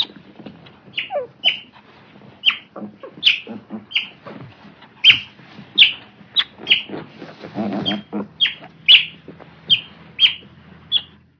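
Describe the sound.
Otter: a series of many short, high squeaks.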